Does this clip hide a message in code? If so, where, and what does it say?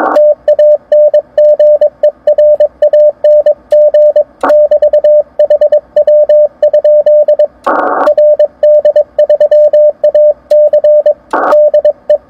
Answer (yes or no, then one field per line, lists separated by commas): yes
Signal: Morse code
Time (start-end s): 0.2-12.2 s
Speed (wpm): 22 wpm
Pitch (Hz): 600 Hz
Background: radio noise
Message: TANGERANG <BT> HW? RD3AC DE